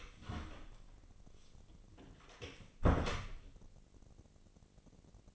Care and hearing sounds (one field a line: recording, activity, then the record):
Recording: daily activity, microphone in the room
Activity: close door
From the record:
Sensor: 4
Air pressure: 1013.2 hPa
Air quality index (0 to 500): 177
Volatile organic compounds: 2 ppm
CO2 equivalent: 1116 ppm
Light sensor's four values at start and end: 87/216/90/95 and 72/175/74/74